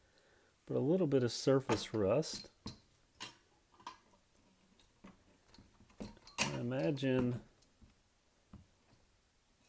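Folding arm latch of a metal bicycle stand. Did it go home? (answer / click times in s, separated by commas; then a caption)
yes / 7.6 s. Someone talks while the folding metal arm of a slightly surface-rusted metal bicycle parking stand is moved into position, with several light metallic taps and clatters along the way. The arm's latch clicks and locks into place at 7.6 s.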